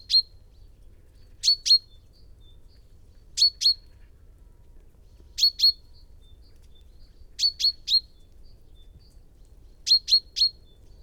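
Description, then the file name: Common chaffinch repeating short, metallic 'pink' notes in pairs and triplets, one burst roughly every two seconds, against quiet low background noise. "Fringilla coelebs"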